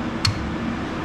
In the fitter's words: you slide it in and as you slide in at some point you'll hear it click